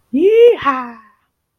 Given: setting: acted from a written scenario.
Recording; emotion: vocal sound without words; elation